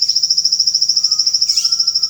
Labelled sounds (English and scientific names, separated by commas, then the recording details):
Trilling Gnatwren (Ramphocaenus melanurus), Undulated Tinamou (Crypturellus undulatus)
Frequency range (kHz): Trilling Gnatwren (Ramphocaenus melanurus) 3.2-17.3 kHz; Undulated Tinamou (Crypturellus undulatus) 1.0-1.9 kHz
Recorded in dense forest near Puerto Asís, Putumayo, Colombia, on 18 February 2024 at 08:00
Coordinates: 0.496, -76.326
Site G6383